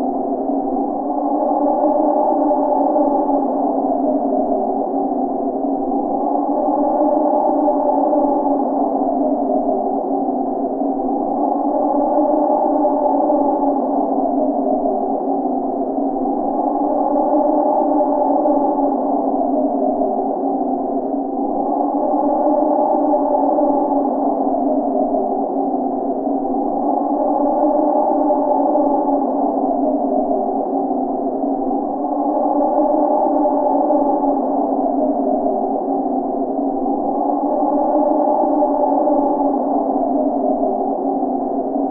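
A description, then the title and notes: Howling wind, a steady, hollow moan that never drops out over the whole stretch. Its pitch sits in the low-middle range and swells gently every few seconds in a slow, regular rise and fall, with a ringing, layered tone and no other sounds. Howling Wind. Wind & Storm.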